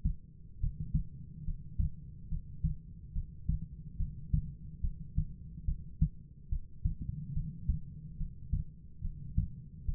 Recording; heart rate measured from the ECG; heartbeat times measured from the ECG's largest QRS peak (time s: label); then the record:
heart sounds by stethoscope; 71 bpm
0.61 s: heartbeat
1.45 s: heartbeat
2.29 s: heartbeat
3.13 s: heartbeat
3.97 s: heartbeat
4.81 s: heartbeat
5.65 s: heartbeat
6.49 s: heartbeat
7.33 s: heartbeat
8.17 s: heartbeat
9.01 s: heartbeat
9.85 s: heartbeat
From the record:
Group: heart failure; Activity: rest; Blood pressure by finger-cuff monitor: 83/57 mmHg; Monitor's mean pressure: 68 mmHg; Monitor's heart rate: 71 bpm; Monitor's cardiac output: 5 L/min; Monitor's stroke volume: 72 mL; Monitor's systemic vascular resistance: 970 dyn s/cm5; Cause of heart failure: non-ischemic cardiomyopathy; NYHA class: 1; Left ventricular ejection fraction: 42%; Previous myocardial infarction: absent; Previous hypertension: absent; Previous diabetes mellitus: absent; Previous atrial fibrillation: absent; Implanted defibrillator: present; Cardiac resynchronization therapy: absent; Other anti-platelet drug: absent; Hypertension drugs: sacubitril-valsartan, spironolactone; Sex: female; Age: 39 years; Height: 162 cm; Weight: 67.9 kg